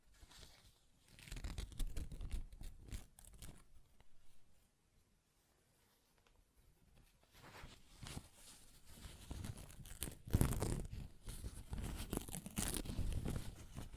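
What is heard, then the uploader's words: Paper rips and crinkles in dense bursts from one to four seconds, pauses nearly silent, then resumes louder with sharp tears after eight seconds. ASMR Paper Ripping Tearing Sounds (No Talking).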